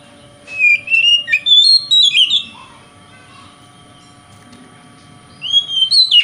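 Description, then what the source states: Oriental magpie-robin song: an energetic burst of varied whistles and chips, a long quiet gap with a soft low note, then another rising whistled burst. Singing in the 'konslet' song style, said to affect other magpie-robins.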